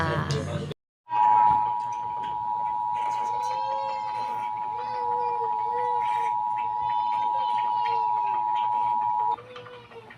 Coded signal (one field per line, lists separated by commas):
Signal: Emergency Alert System (SAME) tones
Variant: 853 and 960 Hz attention tone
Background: speech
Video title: EMERGENCY ALERT SYSTEM TV5